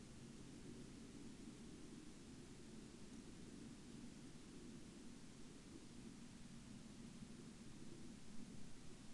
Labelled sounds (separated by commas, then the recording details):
man-made sound
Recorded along the Dempster Highway, Canada, on 27 October 2020 at 08:00
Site 23